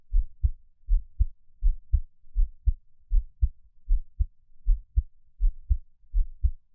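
A gentle, calm adult heartbeat heard up close, steady at about 80 beats per minute, with normal heart sounds and no other sounds.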